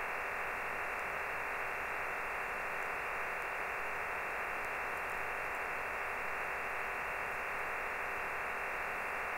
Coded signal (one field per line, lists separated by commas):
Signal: digital SSTV (DRM)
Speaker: tunggu eh masih sekitar 50 persen ya